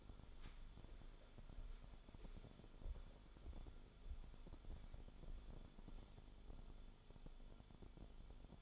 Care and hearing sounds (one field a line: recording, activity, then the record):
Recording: daily activity, microphone in the room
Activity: walk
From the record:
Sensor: 5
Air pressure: 1015.4 hPa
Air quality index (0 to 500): 175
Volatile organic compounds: 6 ppm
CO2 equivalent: 1904 ppm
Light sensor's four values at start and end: 32/74/29/27 and 31/72/28/26